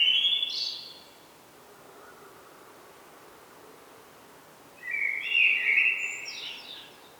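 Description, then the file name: Common blackbird song: a brief twittering burst at the start, a long pause, then a fuller fluty phrase of about two seconds. "Turdus merula"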